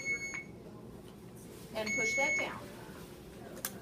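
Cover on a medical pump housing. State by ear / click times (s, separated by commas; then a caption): seated / 3.6 s. Someone talks while the cover on a medical pump housing is closed and pressed down after the cartridge has been pushed in, with short electronic beeps near the start and around 1.9–2.4 seconds. A sharp snap at 3.7 seconds marks the cover seating shut.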